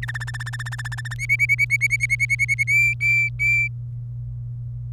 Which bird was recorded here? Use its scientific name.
Serinus canaria